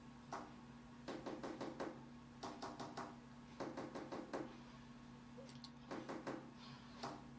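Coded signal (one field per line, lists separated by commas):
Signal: tap code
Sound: sharp knocks in several quick groups of about four or five, with pauses between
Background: low electrical hum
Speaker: Pode também ser tap code. Mas de qualquer jeito eu tenho as coisas aqui.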